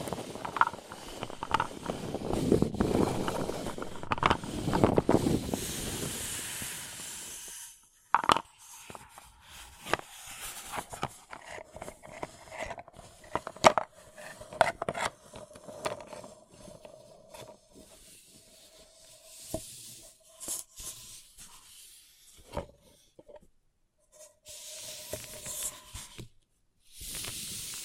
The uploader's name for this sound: Paper Cup Tingles